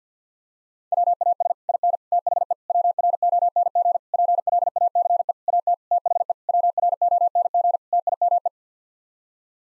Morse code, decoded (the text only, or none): WAS IN THE WRONG PLACE AT THE WRONG TIME